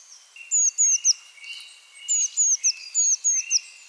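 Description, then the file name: Eurasian blue tit uttering high, thin, falling notes in quick runs, separated by pauses, against a quiet background. "Cyanistes caeruleus"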